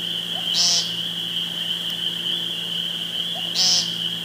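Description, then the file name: Woodcock calls twice, three seconds apart, each a brief run of low croaks topped by a piercing high squeak, with a steady shrill hum throughout. Recorded 2 June 2013 with a phone. "2013-06-02 Woodcocki Phone"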